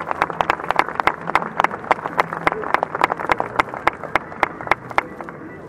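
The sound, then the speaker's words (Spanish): An audience at the Cervantino closing presentation applauds the musician Rachid López, director of Robarrock, with dense, steady clapping for several seconds, sharp hand claps overlapping into a lively wash before thinning slightly at the end. “Un aplauso al maestro Rachid López.”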